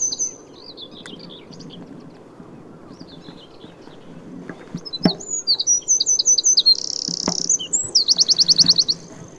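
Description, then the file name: Eurasian wren song, faint high notes at first, then a loud, rapid run of shrill notes with a buzzing trill and a rattling trill in the last few seconds. "Troglodytes troglodytes"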